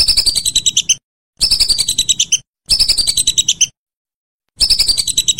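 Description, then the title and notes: Whistling duck calls: rapid bursts of thin, high whistled notes, about a second each, separated by abrupt silent gaps. "Kicau Burung Belibis"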